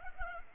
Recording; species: mosquito wingbeat signal from an infrared sensor; Culex pipiens